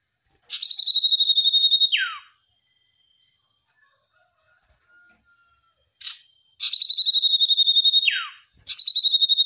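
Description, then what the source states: Sirtu song: buzzy pulsed trills, each closing with a sharp falling slur, with a long pause between phrases. Masteran recording made for training cage birds, presenting the full variety of the song.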